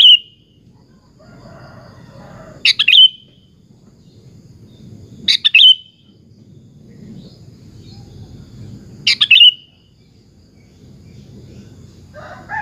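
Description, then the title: Sooty-headed bulbul sings brief, sharp, bubbling phrases spaced several seconds apart, with steady low rumbling noise underneath. "Kutilang"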